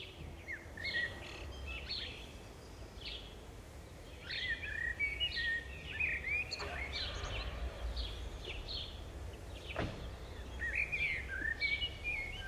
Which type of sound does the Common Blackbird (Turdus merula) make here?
song